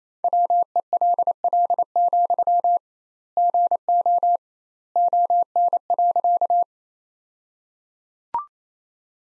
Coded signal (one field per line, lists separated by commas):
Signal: Morse code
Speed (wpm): 28 wpm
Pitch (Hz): 700 Hz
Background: none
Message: WELL, GO ON.